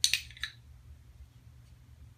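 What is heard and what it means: A new CO2 cartridge is handled in a Walther PPQ airsoft pistol magazine, producing a few sharp metallic clinks near 0.1 s and 0.4 s, followed by low background hum. Nothing has seated or clicked into place yet.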